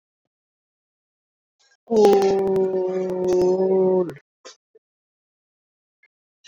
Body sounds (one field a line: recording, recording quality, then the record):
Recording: sustained vowel as in boot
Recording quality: moderate, slight background noise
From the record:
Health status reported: COVID-19 positive, mild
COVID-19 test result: positive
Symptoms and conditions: none ticked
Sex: female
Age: 52 years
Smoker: not ticked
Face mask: not worn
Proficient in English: yes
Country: India